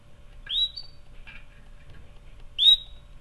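Canary giving two short rising chirped calls about two seconds apart, with a fainter note between.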